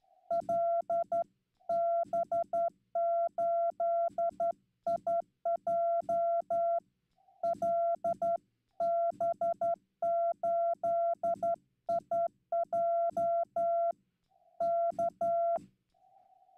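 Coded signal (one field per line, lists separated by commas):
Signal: Morse code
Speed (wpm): 12 wpm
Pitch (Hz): 680 Hz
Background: none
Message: LB8IJ LB8IJ K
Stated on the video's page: Slow CW at around 15 wpm sent live on new straight keys, including a WWII key, during Straight Key Night, on a Yaesu FTdx10.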